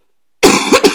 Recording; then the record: coughing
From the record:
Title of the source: 64 coughing, allergies, singing lungs